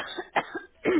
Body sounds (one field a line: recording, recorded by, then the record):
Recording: voluntary cough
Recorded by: telephone call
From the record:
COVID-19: positive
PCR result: checked with the laboratory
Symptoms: yes